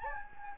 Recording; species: mosquito wingbeat signal from an infrared sensor; Anopheles gambiae